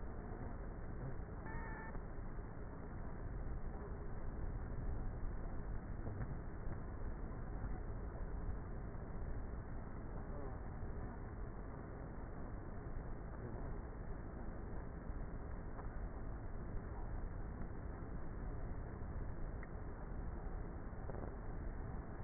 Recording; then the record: honeybee colony, microphone inside the hive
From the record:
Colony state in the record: queenless with a low population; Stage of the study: before two queens were removed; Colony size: about 30,000 bees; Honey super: no